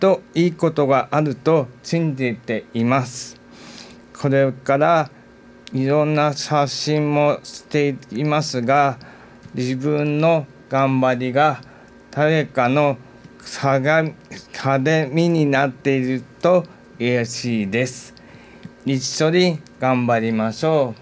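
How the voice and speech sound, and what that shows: An adult male doctor with aphasia speaks slow, deliberate Japanese with frequent pauses, sound errors and stretched syllables, fitting mild residual aphasia. He is in rehabilitation and recovering from a stage when he could only say 'mama'.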